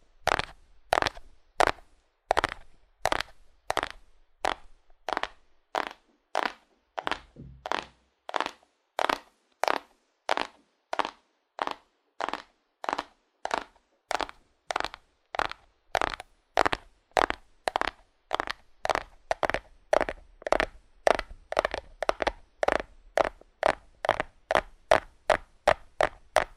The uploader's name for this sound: ASMR Fast Aggressive Cardboard Tapping